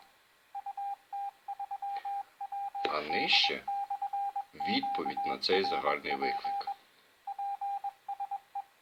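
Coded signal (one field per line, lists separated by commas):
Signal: Morse code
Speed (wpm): 21 wpm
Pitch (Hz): 800 Hz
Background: speech, radio noise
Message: UT3WD/QRP PSE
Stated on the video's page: On-air Morse lesson introducing letters O, T, Z, ?, / with practice CQ calls and number groups.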